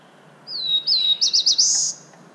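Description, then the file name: Black-throated blue warbler song: a thin whistled note sliding down, a few quick rising-and-falling notes, then a buzzy high note held at the end. "Black-throated Blue Warbler - Setophaga caerulescens"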